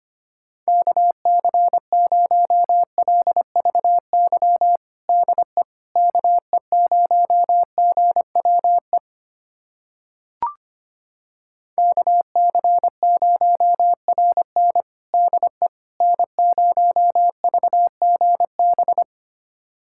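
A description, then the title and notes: A pure, steady tone sends Morse code in two bursts of rapid dots and dashes, keyed at an even pace from about the first second to nine seconds, then again from twelve to nineteen. A single short click sits in the silent gap between them. USA Callsign DE Callsign 25wpm. First, the call sign pair is sent in Morse code. Finally, it is sent again in More code.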